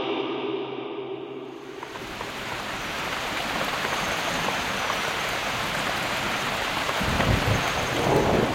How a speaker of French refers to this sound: Vous entendez, il pleut, nous sommes dans une forêt tropicale.